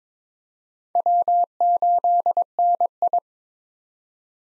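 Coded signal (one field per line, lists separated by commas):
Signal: Morse code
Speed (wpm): 22 wpm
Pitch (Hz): 700 Hz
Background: none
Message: W8NI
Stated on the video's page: Morse code head-copy drill of common POTA activator call signs at 22 wpm, each sent, spoken, then sent again.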